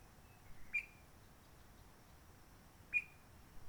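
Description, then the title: Réunion bulbul calls: two short, sharp whistled notes about two seconds apart, against a quiet background. Roche Merveilleuse, Réunion; forest quiet since 19 March 2020 lockdown, no helicopters, microlights or noisy visitors; sunny, blue sky; birds not yet very active; sings simpler, short phrases shaped by past noise pollution. "Roche Merveilleuse, Réunion - Merle de lîle de la Réunion."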